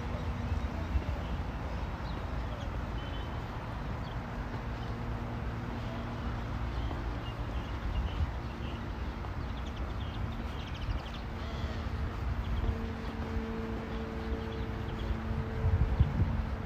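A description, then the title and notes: A walk through Modiin, Israel, filled with a steady low rumble of traffic and street noise throughout. Faint engine hums rise and fall, with a sustained tone appearing around the twelfth second, and a few soft knocks and bumps near the end. City Park Sounds. Walking In Modiin, Israel.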